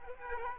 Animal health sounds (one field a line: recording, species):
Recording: mosquito wingbeat signal from an infrared sensor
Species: Aedes aegypti